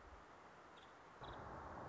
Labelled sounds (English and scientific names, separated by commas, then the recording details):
Nuttall's Woodpecker (Dryobates nuttallii)
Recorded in Sonoma County, California